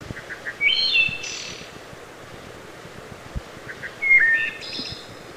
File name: Wood Thrush